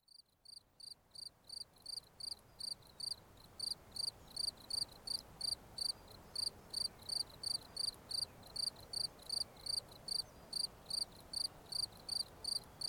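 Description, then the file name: Cricket chirping: short high pulsed chirps repeated nearly three times a second in a regular rhythm, quieter at first. "Grillons"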